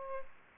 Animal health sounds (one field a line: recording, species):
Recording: mosquito wingbeat signal from an infrared sensor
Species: Aedes aegypti